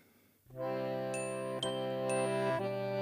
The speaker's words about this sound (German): Ferne Herdenglocken läuten.